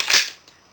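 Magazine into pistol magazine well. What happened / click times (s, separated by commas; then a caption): The magazine snapped into the grip and latched / 0.0 s. An empty magazine is inserted into the magazine well in the grip of a Glock Gen5 pistol before the slide lock is checked, and it seats with a sharp click at 0.0 s. A bright, hissy metallic rattle follows, fading by about 0.4 s, with a faint tick at 0.5 s.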